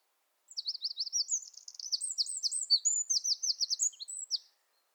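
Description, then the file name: Eurasian wren song: a continuous four-second run of very high, quick trills and warbled notes, sharp and energetic. "Troglodytes troglodytes"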